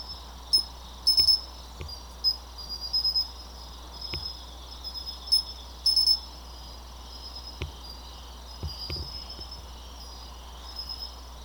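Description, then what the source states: Aomatsumushi tree cricket song, high sustained ringing with irregular louder chirp bursts and occasional faint clicks, a low constant hum beneath. Recorded 3 November 2014.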